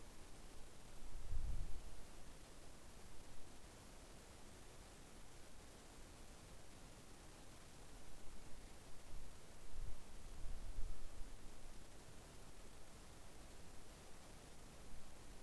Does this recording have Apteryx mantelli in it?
no